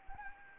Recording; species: mosquito wingbeat signal from an infrared sensor; Anopheles gambiae